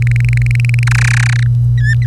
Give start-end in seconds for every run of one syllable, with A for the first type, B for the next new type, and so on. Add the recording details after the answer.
0.02-0.83 A, 0.87-1.43 B, 1.77-2.06 C. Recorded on 25 April 2018 at 06:58. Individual llb3